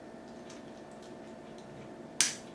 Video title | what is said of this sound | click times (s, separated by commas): Transformers Legacy Evolution Shadow Striker - GotBot True Review NUMBER 1110 | there you go there's the snap leave that open out to the side okay | 2.2 s